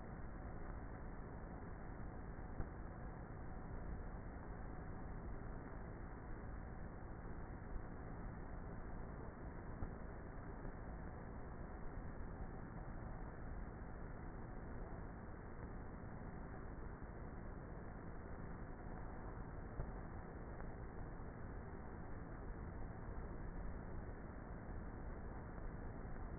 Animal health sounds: honeybee colony, microphone inside the hive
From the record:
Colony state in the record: queenless with a low population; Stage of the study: before two queens were removed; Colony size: about 30,000 bees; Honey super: no

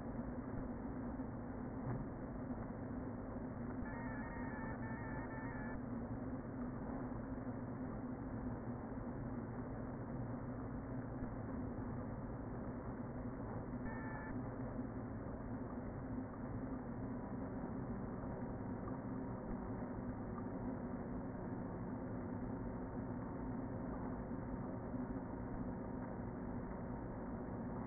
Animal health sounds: honeybee colony, microphone inside the hive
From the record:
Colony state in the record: queen present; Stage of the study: before two queens were removed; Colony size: about 60,000 bees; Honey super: yes

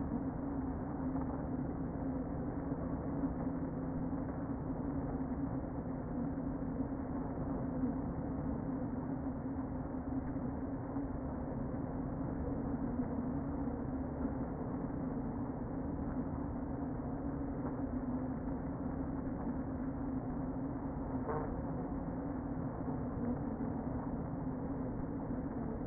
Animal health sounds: honeybee colony, microphone inside the hive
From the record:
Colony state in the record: queen present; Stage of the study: before two queens were removed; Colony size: about 60,000 bees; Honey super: yes

